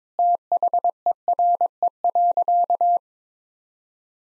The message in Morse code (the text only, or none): THERE.